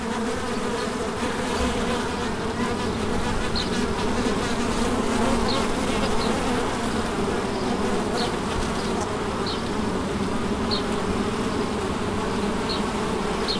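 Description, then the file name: Bees buzzing in a dense, steady drone with a low hum and brief higher whines now and then. Recorded at St Bonnet, France, on 30 July 2016 with a MiniDisc recorder. "Abeilles St Bonnet le Ch 30 07 16"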